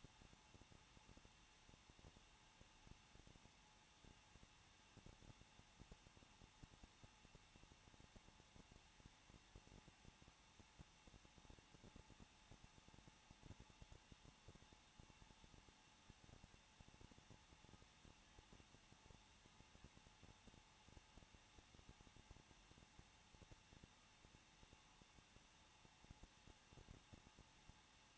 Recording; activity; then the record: daily activity, microphone in the room; no activity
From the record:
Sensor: 1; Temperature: 20.1 degrees Celsius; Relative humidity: 39.2%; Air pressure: 1006.3 hPa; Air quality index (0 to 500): 218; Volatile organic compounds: 79 ppm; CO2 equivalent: 3596 ppm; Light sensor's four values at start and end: 1/2/1/1 and 1/2/1/1